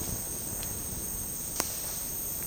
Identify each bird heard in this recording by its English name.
none